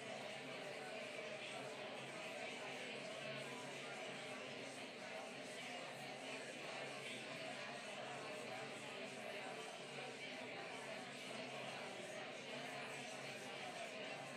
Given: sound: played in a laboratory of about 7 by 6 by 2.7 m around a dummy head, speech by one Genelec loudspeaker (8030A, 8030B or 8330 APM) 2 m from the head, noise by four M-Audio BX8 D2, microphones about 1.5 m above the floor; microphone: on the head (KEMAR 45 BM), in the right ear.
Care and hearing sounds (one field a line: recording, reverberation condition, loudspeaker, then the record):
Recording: babble noise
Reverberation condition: medium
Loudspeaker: four, about 170 cm from the corners of the room and facing them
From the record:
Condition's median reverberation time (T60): about 510 ms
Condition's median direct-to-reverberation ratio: about -0.5 dB